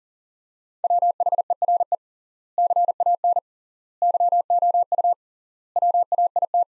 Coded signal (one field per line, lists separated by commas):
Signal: Morse code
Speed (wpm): 40 wpm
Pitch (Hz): 700 Hz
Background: none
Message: WHERE CAN YOU WAIT